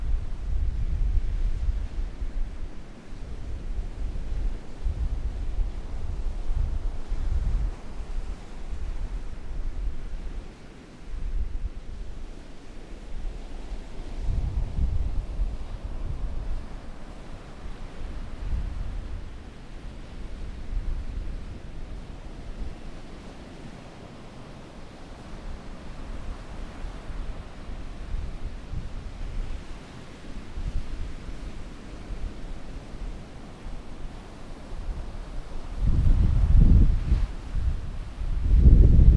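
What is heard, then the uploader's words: Wind gusts over a beach, a constant low rumble that swells and fades in uneven waves, strongest in the first fifteen seconds. A faint hiss sits above it throughout. Near the end, from about 36 seconds, heavy buffeting blasts hit hard and loud. Windy beach walk. It's autumn and the afternoon sun is low in the sky.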